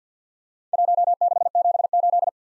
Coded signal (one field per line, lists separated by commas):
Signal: Morse code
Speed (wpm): 52 wpm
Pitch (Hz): 700 Hz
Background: none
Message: 1678